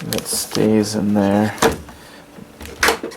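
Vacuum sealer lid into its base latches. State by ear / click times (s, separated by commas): seated / 2.8 s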